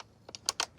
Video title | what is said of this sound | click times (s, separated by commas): The Heavy Impact Of The M2 Machine Gun In Modern Warfare | locks in place so what takes approximately 1 minute potentially 2 minutes on the M2 HB | 0.5 s, 0.6 s